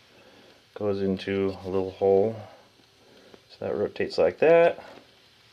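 A small tab latch on a handmade steampunk laptop prop case is put into a little hole and rotated while someone talks. Between the talking there is only quiet low background noise. The latch has not snapped into place yet, and nothing has seated or clicked.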